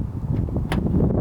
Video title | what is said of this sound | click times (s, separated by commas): I GOT A TESLA - Model Y First Thoughts & Review | you need to hear a clicking sound when you press it down | 0.7 s